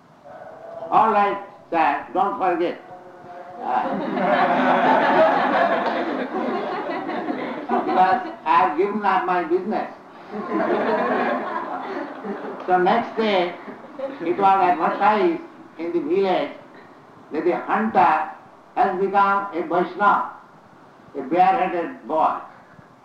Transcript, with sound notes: "All right, sir. Don't forget [laughter], because I have given up my business." [laughter]
So next day it was advertised in the village that the hunter has become a Vaiṣṇava, a bare-headed boy